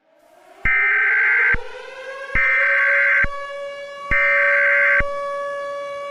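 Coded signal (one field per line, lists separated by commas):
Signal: Emergency Alert System (SAME) tones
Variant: header bursts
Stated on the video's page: Mock EAS scenario using valid EAS tones.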